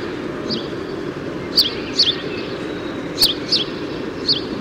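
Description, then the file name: House sparrow giving several sharp chirps at irregular intervals over constant low background noise. "Passer domesticus"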